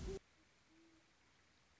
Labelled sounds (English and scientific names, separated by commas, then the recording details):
Great Horned Owl (Bubo virginianus)
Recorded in Sonoma County, California